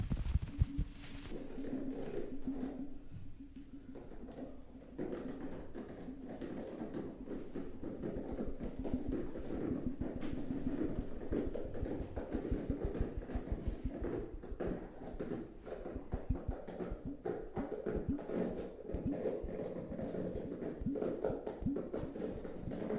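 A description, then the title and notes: Tapping goes on without a break for the whole stretch, rapid and uneven, with dense clusters of soft knocks and occasional sharper clicks. A low steady hum sits beneath it. A louder knock opens the recording, and the tapping grows busier after the midpoint. Tapping Overload.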